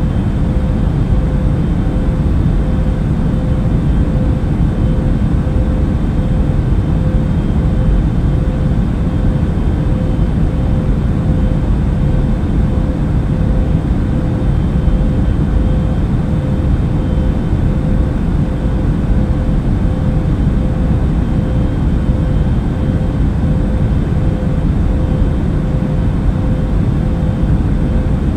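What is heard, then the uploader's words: Steady, dense low roar inside an airplane cabin, unchanging throughout, with a faint constant hum riding above the deep rumble. Inside an airplane cabin.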